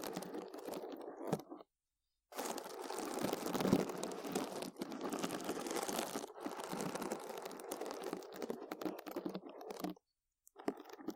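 Dense scratching runs in bursts across the clip, crackly and bright, with two short silences near two and ten seconds.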